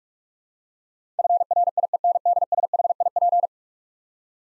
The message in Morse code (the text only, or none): FRIENDSHIP